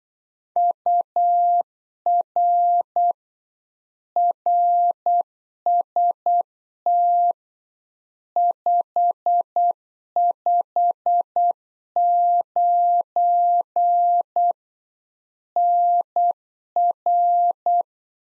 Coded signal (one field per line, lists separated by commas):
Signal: Morse code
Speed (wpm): 8 wpm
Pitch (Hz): 700 Hz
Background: none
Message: UR RST 559 NR